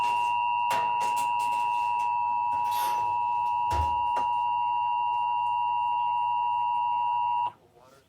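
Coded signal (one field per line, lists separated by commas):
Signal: Emergency Alert System (SAME) tones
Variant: 853 and 960 Hz attention tone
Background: speech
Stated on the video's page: Child abduction emergency alert aired on television.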